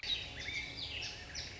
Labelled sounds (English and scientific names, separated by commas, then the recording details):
Song Sparrow (Melospiza melodia)
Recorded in Sonoma County, California